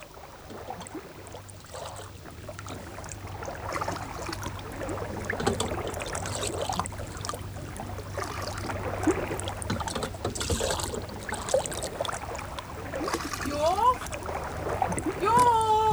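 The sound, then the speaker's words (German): Water sloshes and splashes steadily around a small rowboat that is full of water, a continuous rippling wash over a low, steady hum, with a few short, high chirps rising near the end. “Hier, am Boot.”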